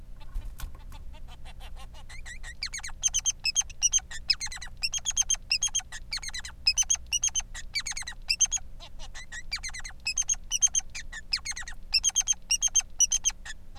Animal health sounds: song of a male Bengalese finch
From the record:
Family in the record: son of father 3

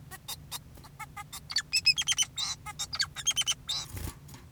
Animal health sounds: song of a male Bengalese finch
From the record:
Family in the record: son of father 2, and himself father 4

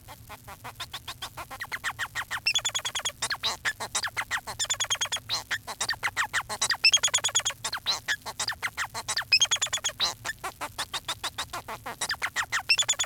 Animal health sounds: song of a male Bengalese finch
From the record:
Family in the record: son of father 4

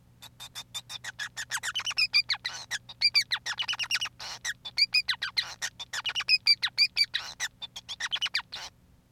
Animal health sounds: song of a male Bengalese finch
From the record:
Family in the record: son of father 5

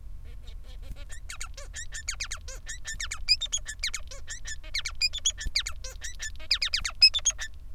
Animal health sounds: song of a male Bengalese finch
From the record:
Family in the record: son of father 3

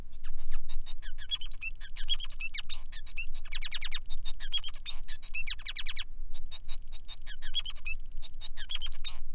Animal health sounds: song of a male Bengalese finch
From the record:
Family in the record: son of father 5

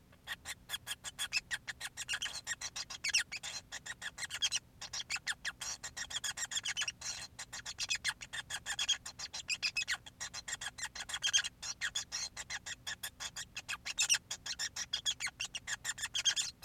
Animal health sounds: song of a male Bengalese finch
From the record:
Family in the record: son of father 5

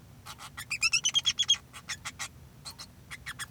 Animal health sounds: song of a male Bengalese finch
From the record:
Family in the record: son of father 2

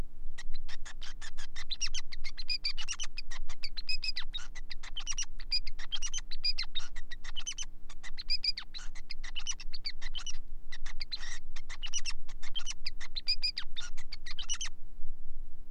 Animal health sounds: song of a male Bengalese finch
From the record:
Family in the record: son of father 5

